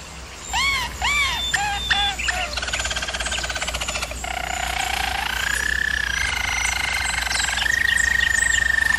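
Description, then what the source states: German Roller canary song opening with arched whistled notes, then fast buzzy rolls and a long steady high trill building louder, over a low background hum. Canary training recording of a German Roller canary singing.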